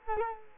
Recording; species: mosquito wingbeat signal from an infrared sensor; Culex quinquefasciatus